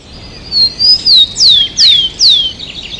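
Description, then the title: Bird song: five clear, high whistles, most sliding downward, given in quick succession with short gaps, over a quiet background. "LuckyPassaro Completos2Sama"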